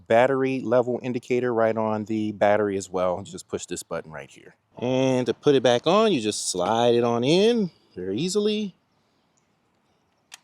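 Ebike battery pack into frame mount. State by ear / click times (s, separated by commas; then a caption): seated / 10.3 s. Someone talks for most of the clip while a removable battery pack on a VanPowers UrbanGlide Pro ebike is slid back onto its frame mount and pushed down. A sharp click is heard at 10.3 s as the battery seats into place.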